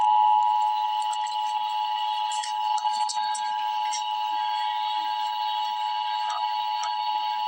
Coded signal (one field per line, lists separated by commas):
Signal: Emergency Alert System (SAME) tones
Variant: 853 and 960 Hz attention tone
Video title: Emergency Alert System - Severe Thunderstorm Warning - May 9, 2026 at 6:08 PM EDT